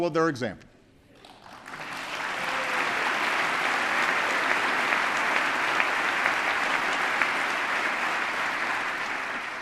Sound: applause

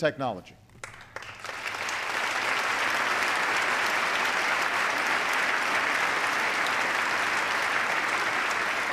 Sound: applause

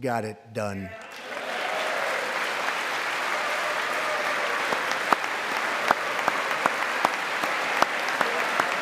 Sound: applause

